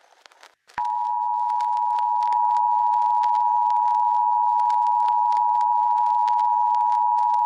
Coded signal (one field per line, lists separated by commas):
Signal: Emergency Alert System (SAME) tones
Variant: 853 and 960 Hz attention tone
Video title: Entities (SHORT EAS SCENARIO)